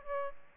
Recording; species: mosquito wingbeat signal from an infrared sensor; Aedes albopictus